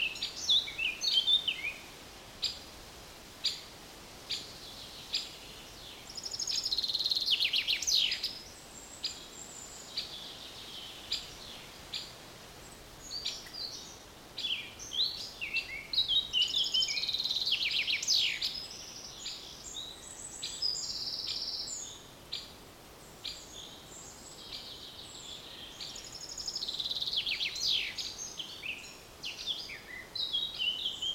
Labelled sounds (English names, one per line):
Eurasian Wren